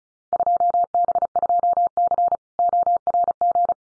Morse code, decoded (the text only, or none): 2B2C ORG